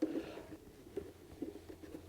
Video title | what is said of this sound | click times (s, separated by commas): Honda Accord - MISHIMOTO Air Intake (Install, Sound, & DYNO Tested!!!) // 10th Gen Honda Accord | That'll just snap in place on the bottom. | 0.0 s